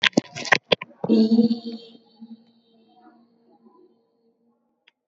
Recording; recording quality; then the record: sustained vowel as in beet; excellent, no background noise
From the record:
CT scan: not taken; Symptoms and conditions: sore throat, muscle pain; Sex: female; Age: 21 years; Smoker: no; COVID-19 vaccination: both doses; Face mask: not worn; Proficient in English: yes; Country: India